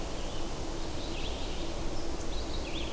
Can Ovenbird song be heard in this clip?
no